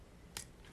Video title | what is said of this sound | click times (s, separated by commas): Transformers (kingdom) Warpath review | And it will just snap into place right there. And there you go. | 0.4 s